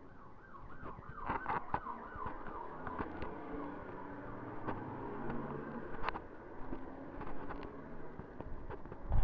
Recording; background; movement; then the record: deep breathing; traffic; walking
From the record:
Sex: female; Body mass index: 18.8 kg/m2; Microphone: on the chest, facing the body